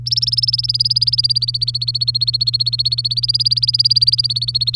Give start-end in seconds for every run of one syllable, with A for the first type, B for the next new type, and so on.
0.06-4.75 A